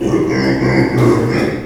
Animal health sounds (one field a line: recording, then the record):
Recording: squeal of a Yucatan mini pig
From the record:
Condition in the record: before surgery on the right vocal fold (resection and tissue-engineered implant)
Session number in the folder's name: 1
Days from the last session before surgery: -3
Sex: male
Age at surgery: 12 weeks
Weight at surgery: 13 kg